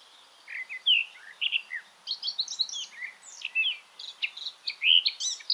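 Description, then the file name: Eurasian blackcap singing a quick, varied warble of short whistles and chirps over a light background hiss. "Sylvia atricapilla"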